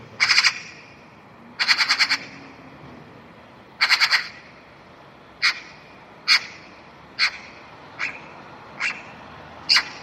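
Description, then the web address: Bird giving three stuttering rattled bursts, followed by a string of short, sharp harsh notes about a second apart. "cianscape birddata Deverinetal 2025 File origin Bird Only"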